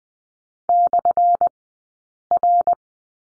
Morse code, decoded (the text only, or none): /R